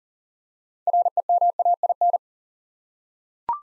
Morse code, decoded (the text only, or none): REMAIN